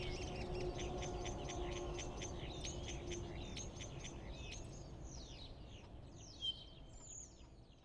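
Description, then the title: Common starling song, a rapid series of clicking, rattling notes, then sweeping whistles and a sharp high note near the end, over low hum. Starlings settled outside a window in rural Poland, mimicking other birds rather than car alarms; no pond nearby; recorded with Zoom F4 and AT BP4025. "Goworów 6, 57-515, Poland - Starlings mimicking other species"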